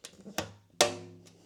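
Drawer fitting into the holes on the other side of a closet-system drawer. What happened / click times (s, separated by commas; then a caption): The fitting snapped down and locked into place / 0.8 s. The matching fitting on the other side of an Ikea Aurdal closet-system drawer is pushed down into its holes, with two lighter knocks at 0.1 s and 0.4 s. A loud, sharp click at 0.8 s rings out briefly as the second fitting locks into place, followed by a faint tap at 1.3 s.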